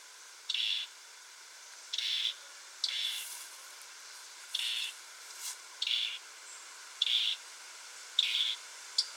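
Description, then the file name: European robin calls, brief sharp high bursts about a second or so apart, with quiet background hiss between them. "Erithacus rubecula"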